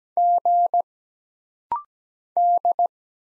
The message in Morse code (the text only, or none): G D